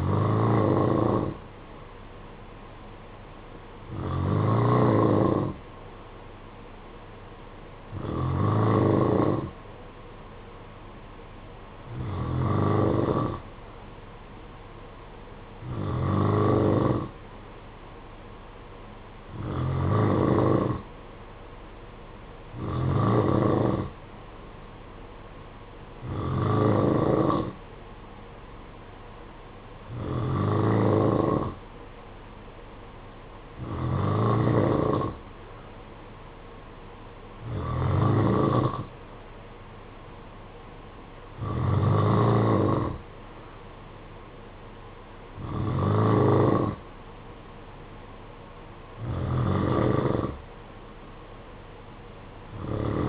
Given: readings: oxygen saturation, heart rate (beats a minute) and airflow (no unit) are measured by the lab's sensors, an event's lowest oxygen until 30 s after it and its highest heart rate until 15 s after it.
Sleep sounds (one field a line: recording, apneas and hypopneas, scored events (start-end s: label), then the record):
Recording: breathing in sleep by a voice recorder at the bedside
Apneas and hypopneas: none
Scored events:
26.00-53.09 s: new sleep stage, N3 (deep sleep)
From the record:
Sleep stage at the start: N2 (light sleep)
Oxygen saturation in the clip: 91%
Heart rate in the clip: 54 to 60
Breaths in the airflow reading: 14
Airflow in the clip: -7.2 to 5.0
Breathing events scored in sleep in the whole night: 476 in 9.7 hours asleep